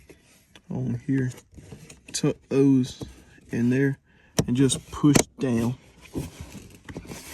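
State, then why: Seated. A plastic dash trim cover is pushed down onto the dashboard of a 3rd-gen Toyota Tacoma pickup truck after the small vent pieces are tucked back into place. Someone talks through most of the clip. A sharp click at 6.9 s marks the trim panel tabs snapping into place, and the cover is seated.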